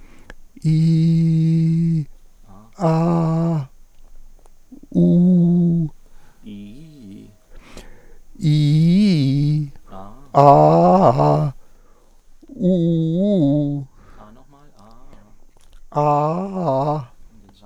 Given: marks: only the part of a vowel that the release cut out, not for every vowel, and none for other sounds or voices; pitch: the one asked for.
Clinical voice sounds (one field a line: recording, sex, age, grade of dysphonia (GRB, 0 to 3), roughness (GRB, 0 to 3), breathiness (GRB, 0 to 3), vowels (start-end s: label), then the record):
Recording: sustained vowels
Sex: male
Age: 60 to 69 years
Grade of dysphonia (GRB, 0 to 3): 2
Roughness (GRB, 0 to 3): 0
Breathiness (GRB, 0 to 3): 2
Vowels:
0.70-1.80 s: vowel /i/, high pitch
2.86-3.49 s: vowel /a/, high pitch
4.97-5.74 s: vowel /u/, high pitch
8.49-9.56 s: vowel /i/, low-high-low pitch
12.65-13.72 s: vowel /u/, low-high-low pitch
15.96-16.95 s: vowel /a/, low-high-low pitch
From the record:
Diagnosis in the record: recurrent laryngeal nerve paralysis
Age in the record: 65 years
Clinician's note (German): Nur noch diskret hinten